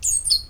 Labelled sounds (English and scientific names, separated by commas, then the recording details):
Stitchbird (Notiomystis cincta) song
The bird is a male
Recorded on Tiritiri Matangi Island, New Zealand, in 2005
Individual 14, of nest box 20